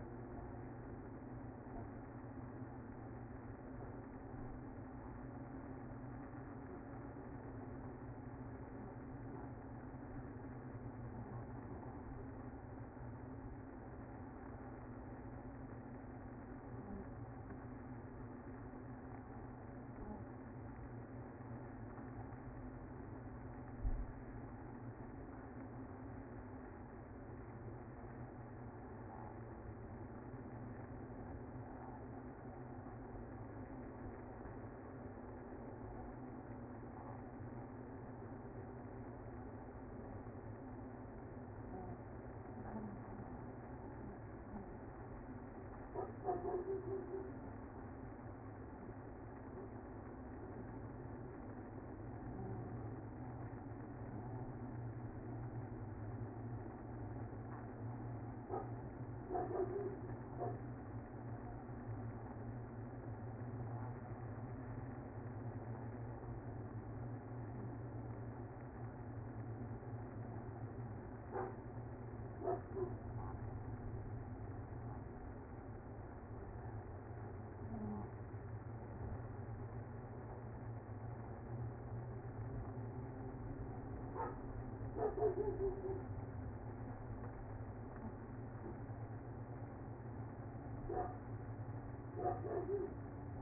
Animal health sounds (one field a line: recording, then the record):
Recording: honeybee colony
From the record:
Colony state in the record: active